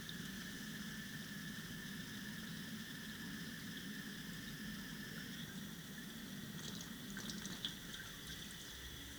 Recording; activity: daily activity, guitar pickup as the sensor; flush